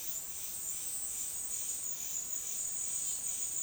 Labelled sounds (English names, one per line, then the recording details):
none
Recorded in dense forest near Puerto Asís, Putumayo, Colombia, on 20 February 2024 at 11:00
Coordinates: 0.502, -76.326
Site G6460